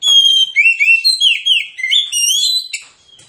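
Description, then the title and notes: Oriental magpie-robin singing continuously, a fast run of varied whistled and slurred notes, some sliding up, some down, fading out at the end. Magpie-robin song in fighting mode, persistent with full 'tembakan' bursts, used as therapy to make lazy, silent magpie-robins sing and fight within minutes. "Kacer Langsung Tarung Konslet KACER NGOTOT FULL TEMBAKAN. Kicau Kacer santaiterapi Kacer males bunyi. Kacer 1"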